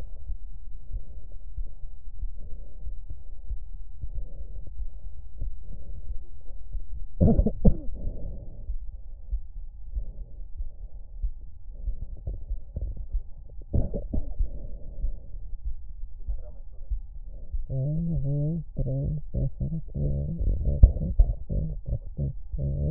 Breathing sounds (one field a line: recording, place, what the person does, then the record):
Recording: lung sounds by stethoscope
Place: left anterior apical chest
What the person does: quiet breathing, then cough and speech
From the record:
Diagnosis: interstitial lung disease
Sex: female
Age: 68 years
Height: 152 cm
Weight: 76 kg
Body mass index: 32.9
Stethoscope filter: extended mode